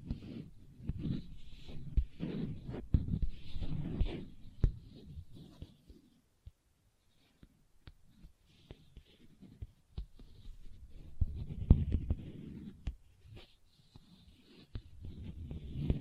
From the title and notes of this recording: ASMR Leather Tapping & Scratching Sounds (No Talking).